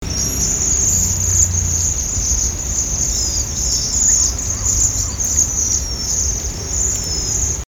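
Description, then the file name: Japanese waxwings giving thin, high, buzzing trills continuously from a flock, overlapping into a steady shimmering chorus, with low rumbling background noise throughout. "hirenjaku"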